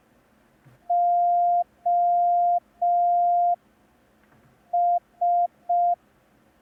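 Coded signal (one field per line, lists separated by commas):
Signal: Morse code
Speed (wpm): 5 wpm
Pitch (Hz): 700 Hz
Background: none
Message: OS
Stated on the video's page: Morse code lesson, day 1 of a 10-day learning course.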